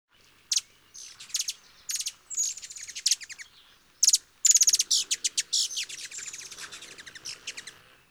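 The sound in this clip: Hummingbird giving quick high squeaky chips and twittering notes in irregular bursts, some clustered into fast stuttering runs.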